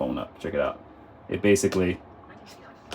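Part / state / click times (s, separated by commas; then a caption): phone case into twist-lock mount / not seated / none. Someone talks while a phone in its case is handled toward a twist-lock mount, with a brief sharp tap near the end at 2.9 s. Nothing has seated or clicked yet; the clip ends just before the case locks home.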